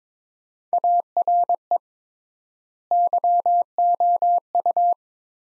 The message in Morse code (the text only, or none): ARE YOU